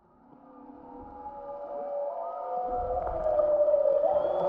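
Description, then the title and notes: Humpback whale song: a long, wavering tonal moan that swells steadily louder, with a higher thin whine joining near the end. Humpback whales recorded in Maui. "Using audio I recorded of humpback whales in Maui"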